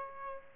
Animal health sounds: mosquito wingbeat signal from an infrared sensor; Aedes aegypti

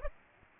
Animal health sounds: mosquito wingbeat signal from an infrared sensor; Aedes aegypti

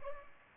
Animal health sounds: mosquito wingbeat signal from an infrared sensor; Culex pipiens

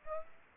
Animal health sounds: mosquito wingbeat signal from an infrared sensor; Aedes aegypti

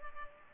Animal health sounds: mosquito wingbeat signal from an infrared sensor; Culex pipiens

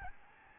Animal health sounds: mosquito wingbeat signal from an infrared sensor; Aedes albopictus

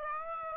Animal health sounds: mosquito wingbeat signal from an infrared sensor; Aedes aegypti

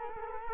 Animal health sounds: mosquito wingbeat signal from an infrared sensor; Culex quinquefasciatus

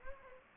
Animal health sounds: mosquito wingbeat signal from an infrared sensor; Anopheles gambiae

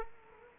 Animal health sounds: mosquito wingbeat signal from an infrared sensor; Culex quinquefasciatus

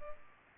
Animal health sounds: mosquito wingbeat signal from an infrared sensor; Culex pipiens

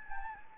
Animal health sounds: mosquito wingbeat signal from an infrared sensor; Anopheles gambiae

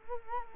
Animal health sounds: mosquito wingbeat signal from an infrared sensor; Culex quinquefasciatus

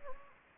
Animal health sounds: mosquito wingbeat signal from an infrared sensor; Anopheles gambiae

